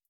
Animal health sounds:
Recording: hydrophone in a shrimp aquaculture tank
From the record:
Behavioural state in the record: starved

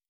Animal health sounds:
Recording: hydrophone in a shrimp aquaculture tank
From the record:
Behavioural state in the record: starved

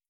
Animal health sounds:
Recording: hydrophone in a shrimp aquaculture tank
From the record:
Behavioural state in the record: starved

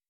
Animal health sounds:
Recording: hydrophone in a shrimp aquaculture tank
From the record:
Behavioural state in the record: weakened

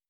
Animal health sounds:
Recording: hydrophone in a shrimp aquaculture tank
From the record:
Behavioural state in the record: starved

